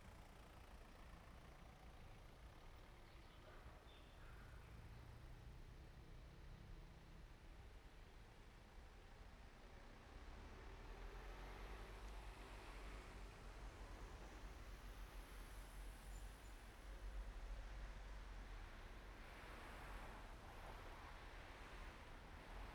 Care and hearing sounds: everyday scene through a hearing-aid microphone; in traffic; traffic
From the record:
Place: main road on the outskirts, rush hour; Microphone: behind the ear, right, rear

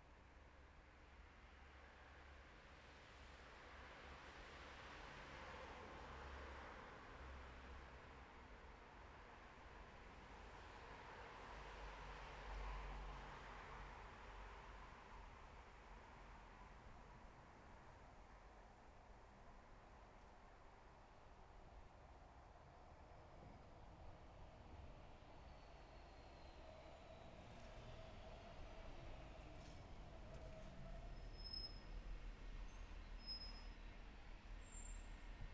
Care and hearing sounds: everyday scene through a hearing-aid microphone; in traffic; traffic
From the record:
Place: bus stop on a city main road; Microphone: behind the ear, left, rear

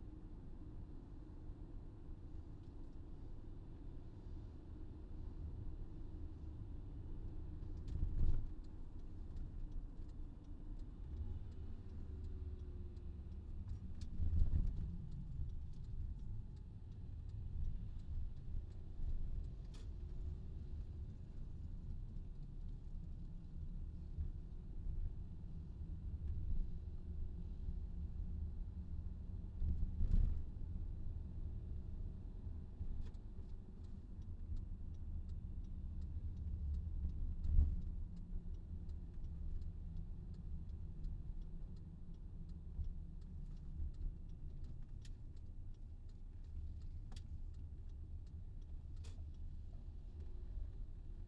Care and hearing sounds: everyday scene through a hearing-aid microphone; in a vehicle; engine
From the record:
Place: VW T5 Caravelle, diesel engine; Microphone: in the ear canal, left

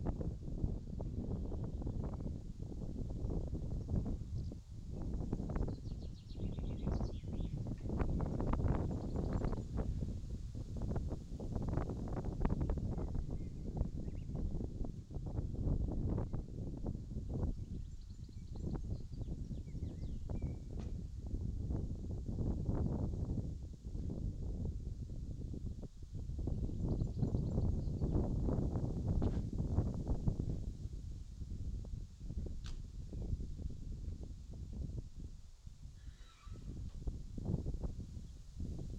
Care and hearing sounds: everyday scene through a hearing-aid microphone; wind on the microphone; wind, other noises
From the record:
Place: in front of a rural house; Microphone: in the ear canal, left

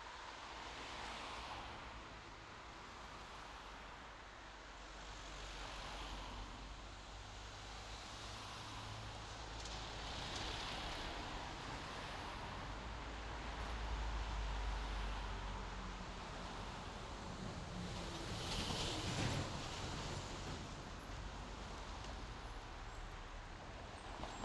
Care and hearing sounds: everyday scene through a hearing-aid microphone; in traffic; traffic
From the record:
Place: main road on the outskirts, rush hour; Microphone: in the ear canal, left

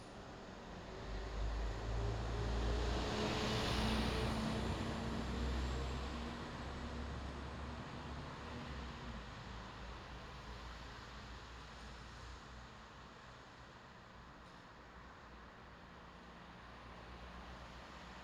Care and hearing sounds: everyday scene through a hearing-aid microphone; in traffic; traffic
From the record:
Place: bus stop on a city main road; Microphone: in the ear canal, left

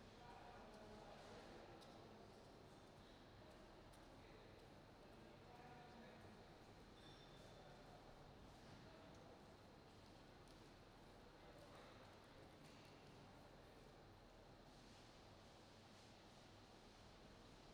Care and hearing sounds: everyday scene through a hearing-aid microphone; reverberant space; background noise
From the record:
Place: railway station hall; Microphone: in the ear canal, right

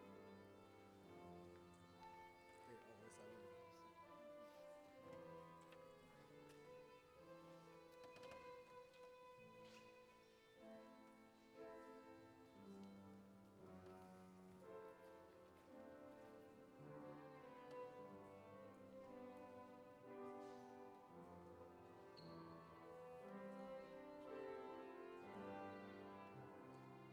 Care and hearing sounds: everyday scene through a hearing-aid microphone; reverberant space; music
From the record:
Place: church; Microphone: behind the ear, left, rear

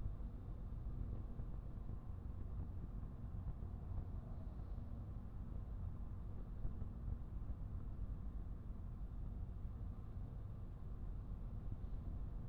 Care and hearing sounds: everyday scene through a hearing-aid microphone; in a vehicle; engine, highway driving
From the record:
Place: Skoda Fabia, gasoline engine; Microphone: behind the ear, right, front

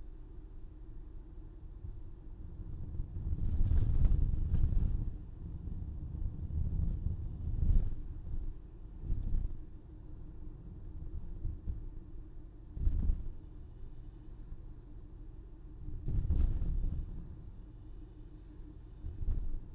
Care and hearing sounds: everyday scene through a hearing-aid microphone; in a vehicle; engine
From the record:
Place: VW T5 Caravelle, diesel engine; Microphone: in the ear canal, left

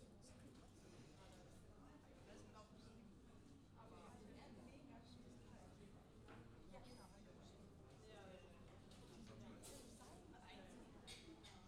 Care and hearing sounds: everyday scene through a hearing-aid microphone; many people talking; many voices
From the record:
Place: university cafeteria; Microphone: in the ear canal, left

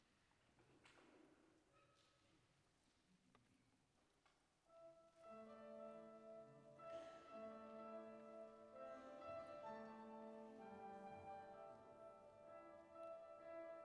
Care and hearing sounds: everyday scene through a hearing-aid microphone; reverberant space; music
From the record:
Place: church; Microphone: behind the ear, right, rear

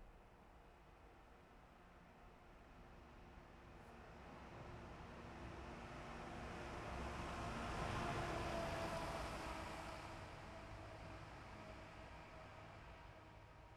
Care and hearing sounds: everyday scene through a hearing-aid microphone; in traffic; traffic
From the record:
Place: bus stop on a city main road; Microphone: behind the ear, left, rear

